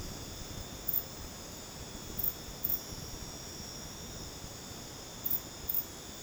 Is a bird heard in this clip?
no